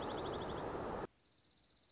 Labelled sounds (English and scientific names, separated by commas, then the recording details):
Dark-eyed Junco (Junco hyemalis)
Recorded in Sonoma County, California